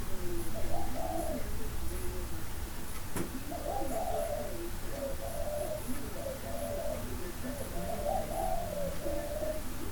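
Dove cooing, hollow soft notes in phrases spread throughout, with a brief click and low background hum.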